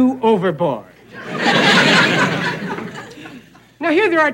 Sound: laughter

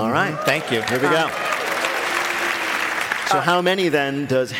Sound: applause

